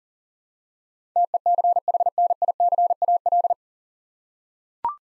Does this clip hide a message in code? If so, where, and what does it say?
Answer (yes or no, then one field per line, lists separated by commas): yes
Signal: Morse code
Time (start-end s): 1.2-3.5 s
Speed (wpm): 37 wpm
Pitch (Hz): 700 Hz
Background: none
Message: TECHNICAL